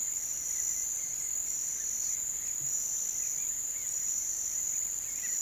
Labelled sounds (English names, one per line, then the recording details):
none
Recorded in pastures near Puerto Asís, Putumayo, Colombia, on 27 June 2025 at 08:30
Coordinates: 0.486, -76.323
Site H29